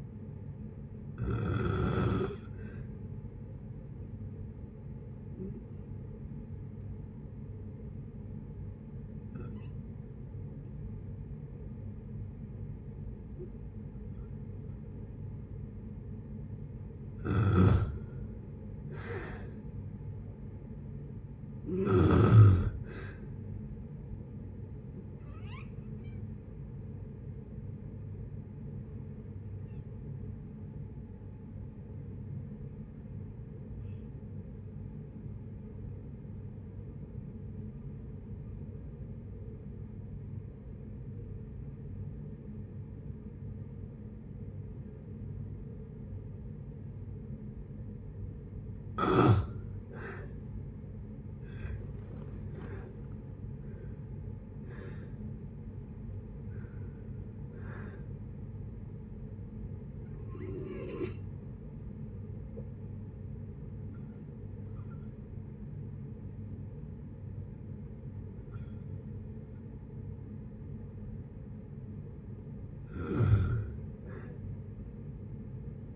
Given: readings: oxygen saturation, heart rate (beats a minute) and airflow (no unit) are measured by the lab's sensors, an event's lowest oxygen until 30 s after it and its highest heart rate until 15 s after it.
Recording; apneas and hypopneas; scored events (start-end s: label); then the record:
breathing in sleep by a smartphone at the bedside; 2
3.00-19.70 s: hypopnea (N2, oxygen 93% highest, then 84% lowest, heart rate 61 at the start, 65 highest)
39.00-49.50 s: obstructive apnea (N2, oxygen 94% highest, then 78% lowest, heart rate 56 at the start, 73 highest)
From the record:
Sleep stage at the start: N2 (light sleep); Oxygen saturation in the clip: 78 to 95%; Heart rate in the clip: 53 to 73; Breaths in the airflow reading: 17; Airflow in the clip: -8.0 to 12.3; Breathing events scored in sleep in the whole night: 496 in 5.4 hours asleep